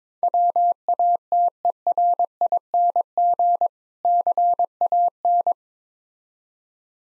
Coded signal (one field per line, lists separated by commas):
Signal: Morse code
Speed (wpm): 22 wpm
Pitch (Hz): 700 Hz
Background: none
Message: WATERING CAN